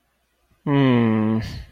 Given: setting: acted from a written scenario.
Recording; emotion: vocal sound without words; disappointment